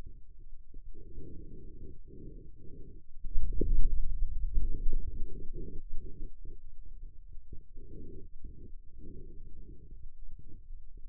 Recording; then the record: forearm muscle sounds (acoustic myography)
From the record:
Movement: hand closing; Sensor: system 2, bracelet of six BSWA MPA416 microphones around the upper forearm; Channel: 5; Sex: male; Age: 22 years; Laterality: right